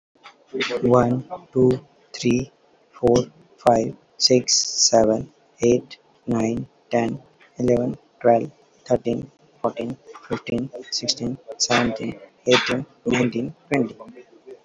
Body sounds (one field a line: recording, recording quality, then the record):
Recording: counting at a normal pace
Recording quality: excellent, no background noise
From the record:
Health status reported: healthy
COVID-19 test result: negative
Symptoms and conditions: cough, diarrhoea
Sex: male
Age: 39 years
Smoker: not ticked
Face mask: not worn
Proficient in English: yes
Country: India